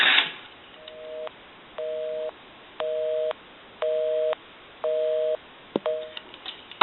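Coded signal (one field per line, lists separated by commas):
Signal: telephone call progress tone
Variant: North America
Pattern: busy tone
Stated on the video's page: Heard on an AE 3-slot payphone, converted, during initial checkout and repair.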